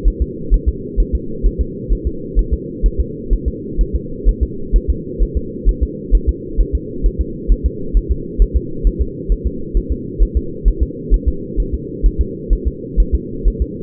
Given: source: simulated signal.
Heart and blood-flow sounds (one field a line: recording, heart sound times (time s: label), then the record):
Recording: fetal heart sounds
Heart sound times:
0.08 s: S1
0.22 s: S2
0.54 s: S1
0.69 s: S2
1.00 s: S1
1.15 s: S2
1.46 s: S1
1.61 s: S2
1.93 s: S1
2.07 s: S2
2.39 s: S1
2.54 s: S2
2.86 s: S1
3.00 s: S2
3.33 s: S1
3.48 s: S2
3.81 s: S1
3.96 s: S2
4.29 s: S1
4.43 s: S2
4.76 s: S1
4.90 s: S2
5.23 s: S1
5.37 s: S2
5.69 s: S1
5.83 s: S2
6.15 s: S1
6.29 s: S2
6.61 s: S1
6.75 s: S2
7.06 s: S1
7.21 s: S2
7.52 s: S1
7.66 s: S2
7.97 s: S1
8.11 s: S2
8.42 s: S1
8.56 s: S2
8.87 s: S1
9.02 s: S2
9.32 s: S1
9.47 s: S2
9.77 s: S1
9.92 s: S2
10.23 s: S1
10.37 s: S2
10.68 s: S1
10.83 s: S2
11.14 s: S1
11.28 s: S2
11.60 s: S1
11.74 s: S2
12.06 s: S1
12.21 s: S2
12.53 s: S1
12.67 s: S2
13.00 s: S1
13.15 s: S2
13.48 s: S1
13.62 s: S2
From the record:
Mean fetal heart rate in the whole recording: 130 bpm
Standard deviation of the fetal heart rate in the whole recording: 2 bpm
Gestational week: 36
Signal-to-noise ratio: -4.3 dB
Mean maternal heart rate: 72 bpm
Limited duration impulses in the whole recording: absent